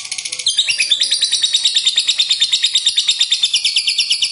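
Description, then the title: Lovebird chattering song: rapid, high, buzzy pulses in a steady continuous stream. "Suara Lovebird"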